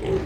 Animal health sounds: contact call of a hoofed animal; pig; closed-mouth grunt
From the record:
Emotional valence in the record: positive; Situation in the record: food and toys in familiar pen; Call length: 0.27 s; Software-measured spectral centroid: 1440 Hz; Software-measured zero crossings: 900 a second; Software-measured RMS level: -24 dBFS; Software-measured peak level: -13 dBFS

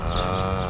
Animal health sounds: contact call of a hoofed animal; cattle; low-frequency (closed-mouth) or high-frequency (open-mouth) call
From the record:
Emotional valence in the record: negative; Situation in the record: full separation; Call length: 0.70 s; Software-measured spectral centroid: 2190 Hz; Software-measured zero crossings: 1900 a second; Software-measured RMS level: -24 dBFS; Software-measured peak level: -11 dBFS

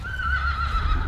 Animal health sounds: contact call of a hoofed animal; Przewalski's horse; whinny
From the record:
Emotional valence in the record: positive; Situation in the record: food anticipation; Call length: 1.08 s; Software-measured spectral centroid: 1810 Hz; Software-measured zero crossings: 1760 a second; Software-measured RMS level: -24 dBFS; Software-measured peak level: -12 dBFS

